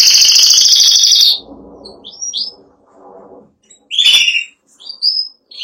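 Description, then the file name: Canary singing a loud sustained high trill, then a pause with soft low rustling and scattered short chirps and a brief burst. Spanish giboso canary singing. "canto do canario giboso espanhol"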